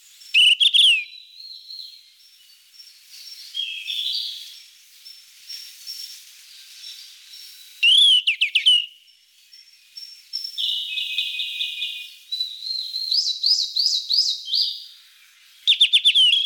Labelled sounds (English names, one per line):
Yellow-rumped Flycatcher song